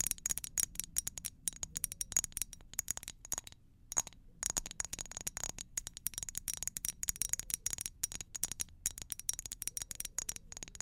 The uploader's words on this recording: ASMR Dark & Relaxing Tapping For Sleep (No Talking).